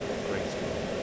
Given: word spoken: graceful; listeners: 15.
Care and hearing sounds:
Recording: one English word in noise, from a listening test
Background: speech-shaped noise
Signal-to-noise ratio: -6.9 dB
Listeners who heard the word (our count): 5 of 15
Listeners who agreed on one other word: 6 of 15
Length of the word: 0.63 s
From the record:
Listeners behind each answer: 6, 5, 1, 1, 1, 1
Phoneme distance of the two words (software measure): 24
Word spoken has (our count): 2 syllables, 7 phonemes, stress on syllable 1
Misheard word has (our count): 2 syllables, 5 phonemes, stress on syllable 1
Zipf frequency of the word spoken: 3.41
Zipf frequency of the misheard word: 4.63

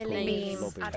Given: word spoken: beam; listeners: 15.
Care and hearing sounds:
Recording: one English word in noise, from a listening test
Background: four-talker babble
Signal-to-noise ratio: 0.3 dB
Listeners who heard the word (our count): 1 of 15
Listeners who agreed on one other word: 6 of 15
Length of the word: 0.57 s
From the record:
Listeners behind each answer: 6, 2, 1, 1, 1, 1, 1, 1, 1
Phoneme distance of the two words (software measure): 20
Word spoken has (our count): 1 syllable, 3 phonemes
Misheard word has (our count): 1 syllable, 3 phonemes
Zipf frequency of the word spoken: 3.97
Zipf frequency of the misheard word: 5.71

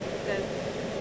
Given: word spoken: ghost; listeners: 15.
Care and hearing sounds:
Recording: one English word in noise, from a listening test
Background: speech-shaped noise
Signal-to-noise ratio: -5.2 dB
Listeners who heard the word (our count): 1 of 15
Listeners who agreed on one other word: 6 of 15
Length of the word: 0.61 s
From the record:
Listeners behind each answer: 6, 3, 2, 1, 1, 1, 1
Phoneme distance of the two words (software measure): 7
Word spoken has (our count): 1 syllable, 4 phonemes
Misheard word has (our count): 1 syllable, 3 phonemes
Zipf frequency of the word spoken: 4.24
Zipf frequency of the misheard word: 4.12

